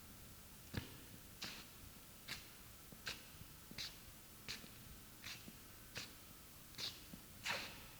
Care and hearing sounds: daily activity, guitar pickup as the sensor; walk

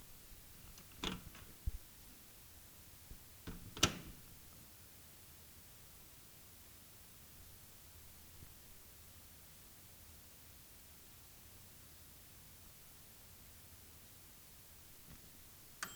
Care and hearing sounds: daily activity, guitar pickup as the sensor; use microwave

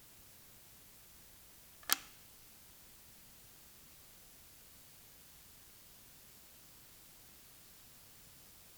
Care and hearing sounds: daily activity, guitar pickup as the sensor; operate light

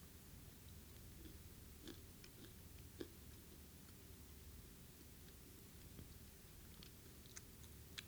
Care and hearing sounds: daily activity, guitar pickup as the sensor; eat

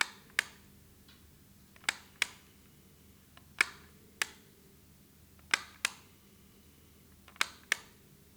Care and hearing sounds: daily activity, guitar pickup as the sensor; operate light

